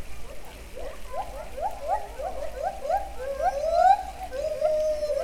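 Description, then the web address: White-handed gibbon calls: a run of short rising hoots building into longer upslurred notes, with fainter higher calls. Captive gibbons at a zoo in Debrecen, Hungary, recorded in 2012; they warm up their voices and then move on. "allathangok debrecenizoo 2012 feherkezugibbon hangolnakmajdtovabballnak csobogo"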